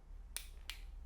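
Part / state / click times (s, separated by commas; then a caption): plastic end cap assembly into surge protector housing / seated / 0.4 s, 0.7 s. A keyed plastic end cap assembly on the cable grommet is aligned with the latch on a THORe² surge protector housing and pushed forward into it. Two sharp, bright snaps sound at 0.4 s and 0.7 s over a low steady hum, and the end cap assembly is seated in the housing.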